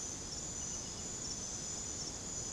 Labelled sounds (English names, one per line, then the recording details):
none
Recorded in secondary vegetation near Puerto Asís, Putumayo, Colombia, on 21 December 2024 at 03:30
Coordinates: 0.489, -76.322
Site G059